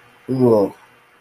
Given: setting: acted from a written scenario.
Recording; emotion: vocal sound without words; contempt